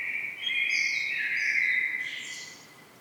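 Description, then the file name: Common blackbird giving one sustained mellow warble, with thin, high squeaky notes layered on top. "Turdus merula"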